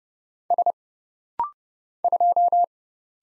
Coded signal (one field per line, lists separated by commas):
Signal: Morse code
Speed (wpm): 30 wpm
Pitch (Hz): 700 Hz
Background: none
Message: S 2